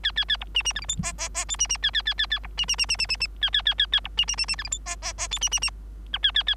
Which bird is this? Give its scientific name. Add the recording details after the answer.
Lonchura striata domestica. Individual Bird3